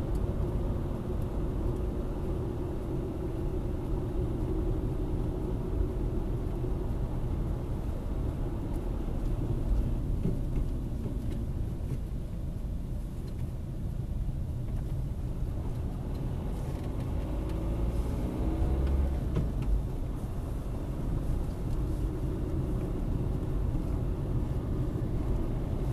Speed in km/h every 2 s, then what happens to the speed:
45, 42, 39, 42, 39, 25, 19, 18, 23, 33, 34, 36, 36.
0-3 slows to 39. 7-14 slows to 18. 15-26 speeds up to 36.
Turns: 8-16, 20-26.